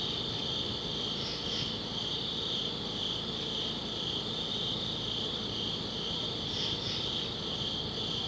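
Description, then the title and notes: Crickets trilling continuously at high pitch, two brief paired chirps breaking through the steady chorus, soft low rumble underneath. Crickets outdoors at a summit at dusk. "Ext. Summit Crickets, Dusk by Bandeto"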